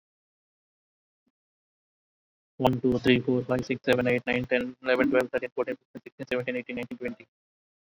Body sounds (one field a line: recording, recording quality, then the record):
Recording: counting at a fast pace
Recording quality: excellent, no background noise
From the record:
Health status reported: COVID-19 positive, mild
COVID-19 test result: positive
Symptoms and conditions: breathing difficulty, fever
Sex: male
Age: 38 years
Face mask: worn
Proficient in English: yes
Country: India